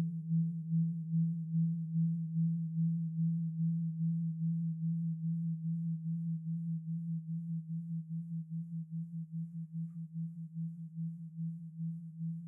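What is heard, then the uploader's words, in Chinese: A Tibetan singing bowl resonates with a steady low hum that holds for the whole twelve seconds, joined by a faint higher overtone. The tone pulses gently in a regular wobble, and the beating grows slightly quicker and more pronounced toward the end. 西藏頌缽 脈輪淨化。西藏頌缽的共鳴。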